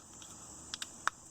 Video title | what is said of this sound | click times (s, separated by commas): How to clean Abu Garcia 6500 C3 catfish special or carp master fishing reel | first you got to put the spool shaft in push it till it clicks | 1.1 s